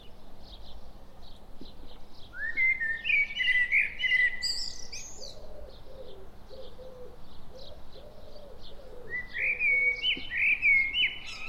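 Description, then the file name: Common blackbird singing two rich, fluty phrases that finish in squeaky twitters, while a soft low cooing dove and bird chirps sound behind. "Turdus merula"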